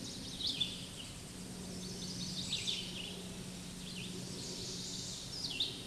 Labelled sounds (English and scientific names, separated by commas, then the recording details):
Red-eyed Vireo (Vireo olivaceus) song
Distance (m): 45 m
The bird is about 20 m above the microphone
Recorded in a Pennsylvania forest on 16 May 2024 at 08:05
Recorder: AudioMoth, point MSD-2391
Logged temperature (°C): 15.0 °C
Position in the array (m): 100 m, 77 m